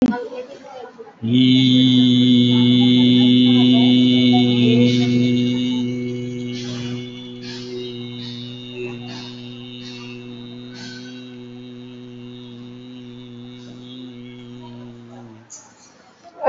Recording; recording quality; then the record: sustained vowel as in beet; excellent, no background noise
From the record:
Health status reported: COVID-19 positive, mild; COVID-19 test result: positive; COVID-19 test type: RT-PCR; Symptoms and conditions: fever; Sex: male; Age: 52 years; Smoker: no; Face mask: worn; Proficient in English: yes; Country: India